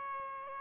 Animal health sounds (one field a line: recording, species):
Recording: mosquito wingbeat signal from an infrared sensor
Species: Aedes albopictus